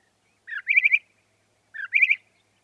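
Northern mockingbird song: two identical short phrases, a low slurred note followed by a rapid trill of bright notes, about a second apart.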